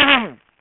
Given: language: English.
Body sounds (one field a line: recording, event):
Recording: throat vibration sensor signal played as sound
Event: throat clearing